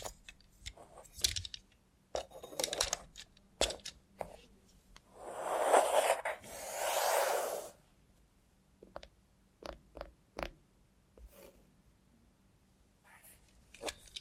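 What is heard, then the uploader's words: ASMR sounds made with a robot hand: a string of sharp clicks, taps and small metallic rattles, some in quick clusters. A longer rustling, scraping passage swells between about five and eight seconds, and a faint low hum runs underneath throughout. Try ASMR with a Robot Hand (No Talking).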